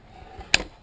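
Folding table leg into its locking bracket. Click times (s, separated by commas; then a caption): 0.5 s. A folding leg on a lightweight game table is swung out and pushed into its locking bracket. After a quiet, faint rustle, a sharp, bright snap rings out at 0.5 s and fades quickly. The leg is seated and locked in place.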